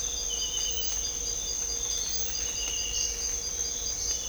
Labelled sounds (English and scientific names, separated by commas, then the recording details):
none
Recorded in dense forest near Puerto Asís, Putumayo, Colombia, on 20 December 2024 at 06:00
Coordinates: 0.499, -76.324
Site G045